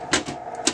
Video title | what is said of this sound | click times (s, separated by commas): Brother HL5470dw - Onyx Imaging - OKC Printer Repair - How to Replace Toner | Once you hear it click, you know it's in there, and then you can just put it back in the printer. | 0.7 s